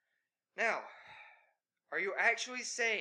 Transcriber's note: sighs